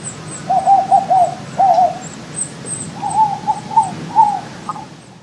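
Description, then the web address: Bar-shouldered dove cooing in short rolling multi-note phrases, two bursts close together then a longer run of hooting notes, over soft high-pitched ticking in the background. "ozbirds. bardove"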